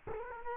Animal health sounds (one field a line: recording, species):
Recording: mosquito wingbeat signal from an infrared sensor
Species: Culex quinquefasciatus